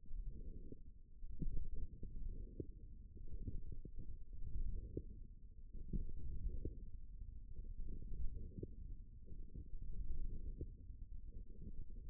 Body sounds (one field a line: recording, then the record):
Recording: forearm muscle sounds (acoustic myography)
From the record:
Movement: hand closing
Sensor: system 1, eight BSWA MPA416 microphones around the upper forearm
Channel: 7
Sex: female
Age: 21 years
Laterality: right